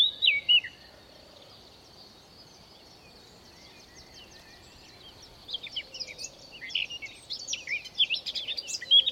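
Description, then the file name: Eurasian blackcap song: a loud burst of warbled notes at the start, several seconds of near quiet, then a lively, varied twittering warble building toward the end. "Sylvia atricapilla"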